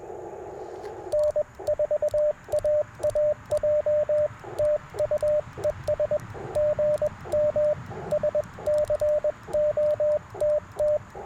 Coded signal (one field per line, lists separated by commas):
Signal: Morse code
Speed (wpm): 21 wpm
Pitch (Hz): 600 Hz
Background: radio noise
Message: N4AAJ TU ES GM SCOTT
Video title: Explorer POTA20 & Packtenna - QRP CW POTA Activation 09/07/2024